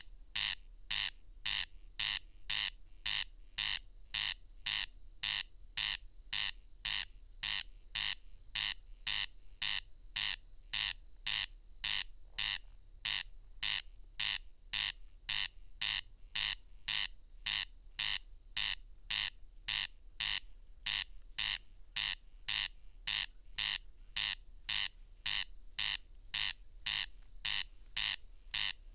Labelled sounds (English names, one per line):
Corn Crake song